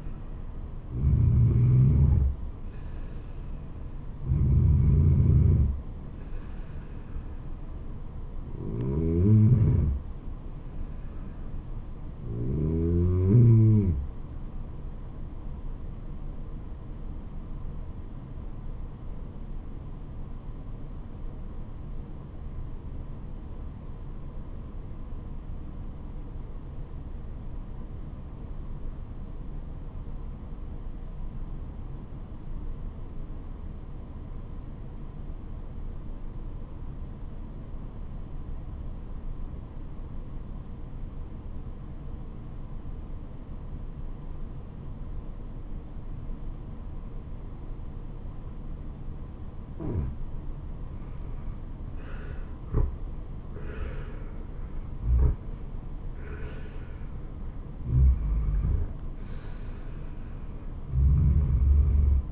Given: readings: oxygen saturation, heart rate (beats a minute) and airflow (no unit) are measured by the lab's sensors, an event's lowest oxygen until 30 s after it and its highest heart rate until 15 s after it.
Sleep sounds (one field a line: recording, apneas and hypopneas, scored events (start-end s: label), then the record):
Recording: breathing in sleep by a smartphone at the bedside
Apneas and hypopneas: 1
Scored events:
7.00-62.32 s: new sleep stage, REM sleep
20.00-52.70 s: obstructive apnea (REM, oxygen 96% highest, then 84% lowest, heart rate 76 at the start, 79 highest)
From the record:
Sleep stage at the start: N2 (light sleep)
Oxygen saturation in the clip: 88 to 96%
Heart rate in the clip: 66 to 79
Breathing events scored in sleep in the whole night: 426 in 7.4 hours asleep